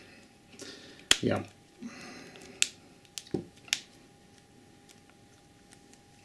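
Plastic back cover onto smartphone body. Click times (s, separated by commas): 2.6 s, 3.2 s, 3.7 s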